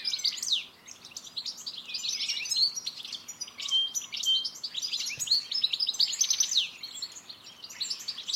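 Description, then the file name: European goldfinch giving rapid, bright twittering calls with liquid chirps and short buzzy notes, near-continuous with a few brief gaps. "Carduelis carduelis"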